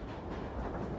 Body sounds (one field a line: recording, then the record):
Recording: background sound without coughing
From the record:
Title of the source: Train Ride Ambience ambient white noise for sleeping, focus, studying, reading